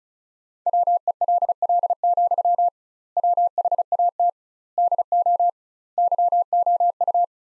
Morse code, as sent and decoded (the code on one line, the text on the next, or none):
.-- . .-.. .-.. --..-- / .-- .... .- - / -.. --- / -.-- --- ..-
WELL, WHAT DO YOU